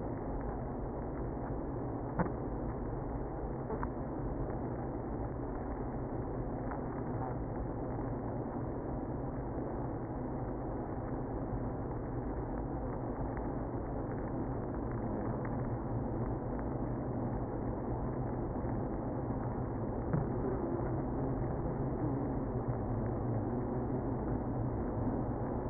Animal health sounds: honeybee colony, microphone inside the hive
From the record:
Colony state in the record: queenless (queen removed); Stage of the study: after two queens were removed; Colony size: about 60,000 bees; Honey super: yes

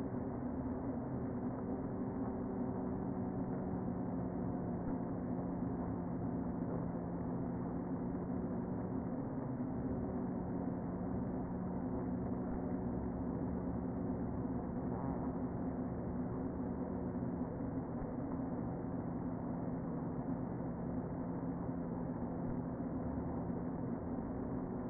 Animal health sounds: honeybee colony, microphone inside the hive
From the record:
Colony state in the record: queen present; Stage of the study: before two queens were removed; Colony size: about 60,000 bees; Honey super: yes

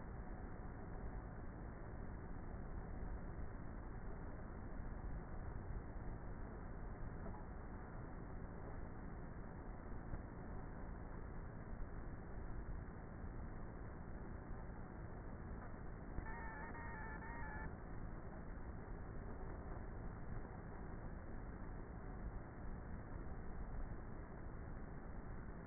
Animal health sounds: honeybee colony, microphone inside the hive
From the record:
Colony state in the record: queenless with a low population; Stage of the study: before two queens were removed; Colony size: about 30,000 bees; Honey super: no

